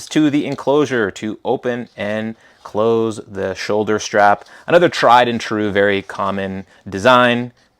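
Someone talks while handling the plastic side-release buckle on the shoulder strap of an Orbitkey Urban Sling bag, bringing the buckle tongue toward its receiver. The clip is speech throughout, and the buckle has not yet clicked shut or seated.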